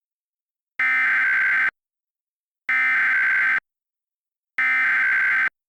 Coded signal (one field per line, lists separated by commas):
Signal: Emergency Alert System (SAME) tones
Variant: header bursts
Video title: EAS Alert Recreation - REAL Kansas Civil Danger Warning